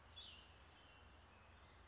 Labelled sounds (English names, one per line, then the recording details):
Cassin's Vireo
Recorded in Sonoma County, California